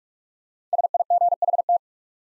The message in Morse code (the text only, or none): SIGHT